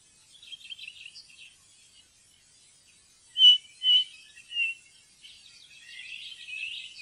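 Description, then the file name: Ring ouzel song: three ringing whistled notes in a quick series, with faint chattering and twittering before and after. "ringtrost"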